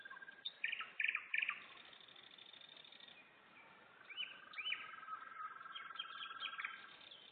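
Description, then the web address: Nightingale song: bursts of rapid, repeated sharp notes near the start, then varied whistled phrases. Singing in Turek, Poland. "slowik spiew slowika w turku"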